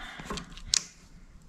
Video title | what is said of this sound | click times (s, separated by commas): I BOUGHT A USED SCOOTER FOR A GREAT PRICE! -- Tagalog -- Pinoy in Canada - OFW in Canada. | I-lock mo yung lever. Yun, | 0.7 s